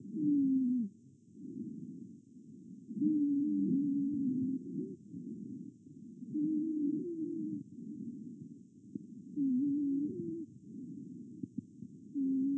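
Wheeze in an adult's lungs, heard through a stethoscope.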